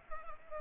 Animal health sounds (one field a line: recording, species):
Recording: mosquito wingbeat signal from an infrared sensor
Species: Culex pipiens